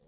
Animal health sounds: pig call; piglet (1 to 25 days)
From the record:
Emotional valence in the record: positive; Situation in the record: reunion after long isolation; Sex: male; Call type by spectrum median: low-frequency call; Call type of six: low-frequency tonal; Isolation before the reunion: 8 minutes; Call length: 0.08 s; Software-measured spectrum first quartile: 257 Hz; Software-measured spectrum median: 534 Hz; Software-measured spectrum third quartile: 2463 Hz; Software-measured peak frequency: 490 Hz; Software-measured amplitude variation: 35 dB a second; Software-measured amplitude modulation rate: 12.5 a second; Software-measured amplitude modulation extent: 2.8 dB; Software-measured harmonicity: 3.2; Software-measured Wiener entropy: -2.93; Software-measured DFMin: 1072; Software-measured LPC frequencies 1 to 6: 507, 1852, 3364, 4091, 5137, 5961 Hz

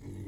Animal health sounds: pig call; weaner (32 to 43 days)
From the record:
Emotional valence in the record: negative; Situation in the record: negative conditioning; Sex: female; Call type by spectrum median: low-frequency call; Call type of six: low-frequency stable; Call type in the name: low-frequency stable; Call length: 0.28 s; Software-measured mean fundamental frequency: 48 Hz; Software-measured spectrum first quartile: 99 Hz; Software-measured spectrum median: 194 Hz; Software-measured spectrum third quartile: 404 Hz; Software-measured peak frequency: 109 Hz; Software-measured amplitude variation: 113 dB a second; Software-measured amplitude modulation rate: 27.0 a second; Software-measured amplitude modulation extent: 4.2 dB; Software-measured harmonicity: -1.8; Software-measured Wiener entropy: 0.17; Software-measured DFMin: 1054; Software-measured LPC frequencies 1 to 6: 289, 2046, 3894, 4916, 6573, 7446 Hz

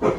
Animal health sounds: pig call; growing-finishing pig (85 days or more)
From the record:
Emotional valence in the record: positive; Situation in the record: run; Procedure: transit

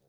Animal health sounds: pig call; piglet (1 to 25 days)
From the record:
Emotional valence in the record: positive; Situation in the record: short reunion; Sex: male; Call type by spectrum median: low-frequency call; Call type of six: low-frequency stable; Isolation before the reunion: 3 minutes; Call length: 0.09 s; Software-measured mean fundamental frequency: 40 Hz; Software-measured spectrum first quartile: 338 Hz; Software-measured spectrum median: 879 Hz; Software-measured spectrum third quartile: 10286 Hz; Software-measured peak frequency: 128 Hz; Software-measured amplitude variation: 64 dB a second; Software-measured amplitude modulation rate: 17.0 a second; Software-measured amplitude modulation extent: 3.7 dB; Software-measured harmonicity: 9.2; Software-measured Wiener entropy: -3.37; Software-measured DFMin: 775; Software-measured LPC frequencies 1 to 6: 530, 3721, 4739, 6253, 8528, 9315 Hz

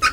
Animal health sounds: pig call; piglet (1 to 25 days)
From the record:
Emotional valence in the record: positive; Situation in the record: after nursing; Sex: male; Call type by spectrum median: low-frequency call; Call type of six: high-frequency stable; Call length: 0.13 s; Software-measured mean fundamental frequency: 251 Hz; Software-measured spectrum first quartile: 1327 Hz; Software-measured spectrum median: 1918 Hz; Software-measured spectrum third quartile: 3537 Hz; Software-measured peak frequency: 1260 Hz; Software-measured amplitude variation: 146 dB a second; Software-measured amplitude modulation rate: 3.9 a second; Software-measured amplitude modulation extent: 37.1 dB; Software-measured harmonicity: 5.7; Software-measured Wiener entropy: -2.32

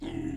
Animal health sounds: pig call; weaner (32 to 43 days)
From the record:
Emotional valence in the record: negative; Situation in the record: negative conditioning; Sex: female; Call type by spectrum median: low-frequency call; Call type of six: low-frequency stable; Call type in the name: low-frequency stable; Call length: 0.37 s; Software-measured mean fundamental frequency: 55 Hz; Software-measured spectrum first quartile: 209 Hz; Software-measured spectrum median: 308 Hz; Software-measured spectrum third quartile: 509 Hz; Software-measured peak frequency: 298 Hz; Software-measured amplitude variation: 191 dB a second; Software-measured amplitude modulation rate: 28.7 a second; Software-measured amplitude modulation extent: 6.7 dB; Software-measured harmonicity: 4.6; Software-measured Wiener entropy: -0.25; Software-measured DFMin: 823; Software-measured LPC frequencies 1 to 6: 318, 1967, 2777, 3281, 5247, 6468 Hz

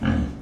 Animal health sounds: pig call; growing-finishing pig (85 days or more)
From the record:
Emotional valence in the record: negative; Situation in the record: barren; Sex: female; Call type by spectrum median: low-frequency call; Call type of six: low-frequency stable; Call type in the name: low-frequency stable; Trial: 1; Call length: 0.42 s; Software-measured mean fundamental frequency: 41 Hz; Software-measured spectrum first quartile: 128 Hz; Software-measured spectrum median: 237 Hz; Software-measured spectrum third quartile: 551 Hz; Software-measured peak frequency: 223 Hz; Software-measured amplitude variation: 135 dB a second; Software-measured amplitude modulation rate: 27.5 a second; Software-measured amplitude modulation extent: 4.9 dB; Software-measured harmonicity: 0.3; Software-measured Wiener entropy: -1.05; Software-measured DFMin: 917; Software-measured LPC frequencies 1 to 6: 1573, 2312, 2979, 3890, 5644, 6271 Hz

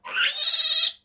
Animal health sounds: pig call; piglet (1 to 25 days)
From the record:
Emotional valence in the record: negative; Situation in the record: restrain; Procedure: back test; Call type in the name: high-frequency call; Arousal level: maximum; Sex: female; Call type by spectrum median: high-frequency call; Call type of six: high-frequency stable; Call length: 1.05 s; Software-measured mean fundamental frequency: 256 Hz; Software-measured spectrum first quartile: 3749 Hz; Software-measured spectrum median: 5217 Hz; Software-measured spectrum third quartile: 8644 Hz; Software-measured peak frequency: 3980 Hz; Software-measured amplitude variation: 162 dB a second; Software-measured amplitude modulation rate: 20.5 a second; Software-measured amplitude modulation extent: 7.9 dB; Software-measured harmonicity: 6.2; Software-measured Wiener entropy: -2.60

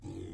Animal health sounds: pig call; weaner (32 to 43 days)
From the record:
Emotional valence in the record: positive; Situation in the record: positive conditioning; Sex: female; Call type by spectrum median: low-frequency call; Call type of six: low-frequency stable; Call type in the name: low-frequency stable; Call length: 0.34 s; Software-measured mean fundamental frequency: 48 Hz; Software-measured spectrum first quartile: 115 Hz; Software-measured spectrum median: 269 Hz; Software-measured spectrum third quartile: 436 Hz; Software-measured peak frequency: 320 Hz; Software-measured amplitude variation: 138 dB a second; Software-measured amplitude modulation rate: 26.2 a second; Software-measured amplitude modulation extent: 5.3 dB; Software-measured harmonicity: 0.8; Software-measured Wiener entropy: 0.33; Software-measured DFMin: 702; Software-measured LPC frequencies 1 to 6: 330, 2086, 3415, 4812, 6439, 7402 Hz

